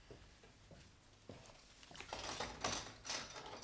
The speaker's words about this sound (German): Ach, Edgar Allan, tu mir den Gefallen und schließ die Tür ab. Wir wollen ganz ungestört sein.